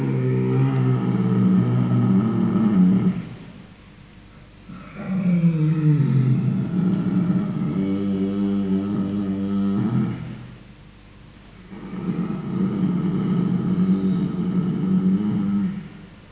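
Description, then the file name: Polar bear giving long, groaning growls with a rough, throaty tone in three drawn-out bouts, separated by short silences. "Ursus maritimus"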